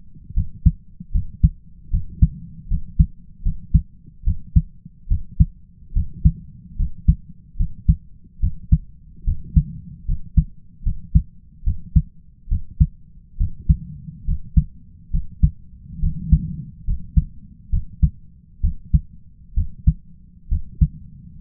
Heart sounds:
heart sounds by stethoscope; 71 bpm
0.34 s: heartbeat
1.12 s: heartbeat
1.90 s: heartbeat
2.68 s: heartbeat
3.43 s: heartbeat
4.24 s: heartbeat
5.08 s: heartbeat
5.93 s: heartbeat
6.76 s: heartbeat
7.57 s: heartbeat
8.40 s: heartbeat
9.24 s: heartbeat
10.05 s: heartbeat
10.83 s: heartbeat
11.64 s: heartbeat
12.48 s: heartbeat
13.37 s: heartbeat
14.25 s: heartbeat
15.11 s: heartbeat
16.00 s: heartbeat
16.84 s: heartbeat
17.70 s: heartbeat
18.61 s: heartbeat
19.54 s: heartbeat
20.48 s: heartbeat
21.40 s: heartbeat
From the record:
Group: healthy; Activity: rest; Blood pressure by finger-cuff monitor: 112/63 mmHg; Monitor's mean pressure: 76 mmHg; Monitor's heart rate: 72 bpm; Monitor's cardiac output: 5.4 L/min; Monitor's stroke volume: 74 mL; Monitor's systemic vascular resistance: 1020 dyn s/cm5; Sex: male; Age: 20 years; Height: 167 cm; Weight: 61 kg

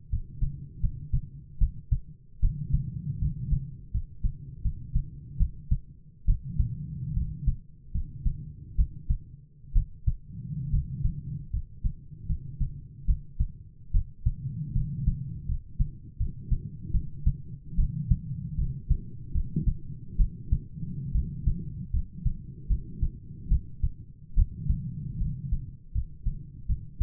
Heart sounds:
heart sounds by stethoscope; 75 bpm
0.09 s: heartbeat
0.81 s: heartbeat
1.58 s: heartbeat
2.40 s: heartbeat
3.19 s: heartbeat
3.91 s: heartbeat
4.62 s: heartbeat
5.37 s: heartbeat
6.25 s: heartbeat
7.14 s: heartbeat
7.92 s: heartbeat
8.75 s: heartbeat
9.73 s: heartbeat
10.70 s: heartbeat
11.50 s: heartbeat
12.26 s: heartbeat
13.05 s: heartbeat
13.91 s: heartbeat
14.73 s: heartbeat
15.46 s: heartbeat
16.17 s: heartbeat
16.91 s: heartbeat
17.75 s: heartbeat
18.55 s: heartbeat
19.32 s: heartbeat
20.16 s: heartbeat
21.12 s: heartbeat
21.91 s: heartbeat
22.67 s: heartbeat
23.48 s: heartbeat
24.34 s: heartbeat
25.18 s: heartbeat
25.92 s: heartbeat
26.66 s: heartbeat
From the record:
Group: healthy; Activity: rest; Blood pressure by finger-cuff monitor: 114/60 mmHg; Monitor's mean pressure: 71 mmHg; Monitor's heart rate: 75 bpm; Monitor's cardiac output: 8.4 L/min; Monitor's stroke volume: 113 mL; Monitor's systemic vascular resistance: 590 dyn s/cm5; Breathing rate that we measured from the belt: 16 breaths a minute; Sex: male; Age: 22 years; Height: 185 cm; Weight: 112.4 kg

